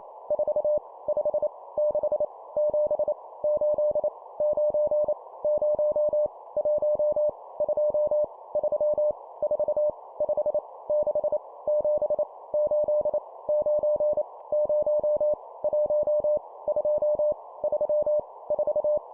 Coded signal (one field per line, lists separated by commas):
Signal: Morse code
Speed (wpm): 28 wpm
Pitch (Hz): 600 Hz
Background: none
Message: 4 5 6 7 8 9 0 1 2 3 4 5 6 7 8 9 0 1 2 3 4